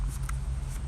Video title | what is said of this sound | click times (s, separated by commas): EDC Flashlight review: Rovyvon A7-X UV GITD | And then you can just you know, pop it on back in there and push down the sides and it locks in place. | 0.3 s